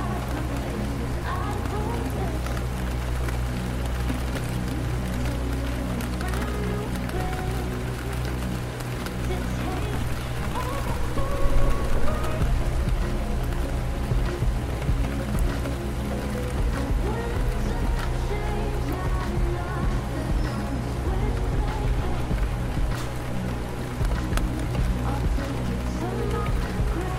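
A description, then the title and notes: Gentle rain patters steadily against tall floor-to-ceiling windows, a dense, even hiss of fine drops with scattered sharper taps. A low hum runs underneath throughout, and faint murmuring voices drift in now and then, swelling slightly around the middle. A gentle rain patters against the tall, looming floor-to-ceiling windows of the common area of VALORANT HQ.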